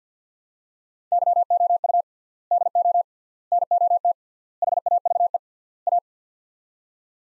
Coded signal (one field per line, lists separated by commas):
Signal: Morse code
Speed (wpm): 50 wpm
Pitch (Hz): 700 Hz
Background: none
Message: YOU DO NOT HAVE A